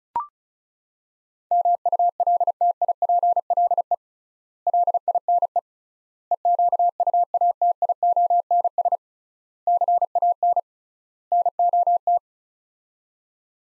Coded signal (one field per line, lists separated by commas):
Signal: Morse code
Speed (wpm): 34 wpm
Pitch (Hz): 700 Hz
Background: none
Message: MULTIPLE LINE EQUATIONS CAN NOT